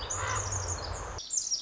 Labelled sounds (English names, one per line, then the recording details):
Pacific Wren
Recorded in Sonoma County, California